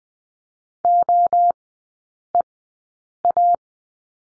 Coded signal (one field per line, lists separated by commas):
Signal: Morse code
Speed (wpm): 20 wpm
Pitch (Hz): 700 Hz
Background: none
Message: OEA